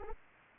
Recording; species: mosquito wingbeat signal from an infrared sensor; Anopheles arabiensis